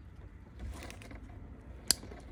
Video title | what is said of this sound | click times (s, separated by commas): BRZ NEON THUNDER ELECTRIC DIRT BIKE FULL BUILD BOX TO BIKE | till it clicks like so that's now connected | 1.9 s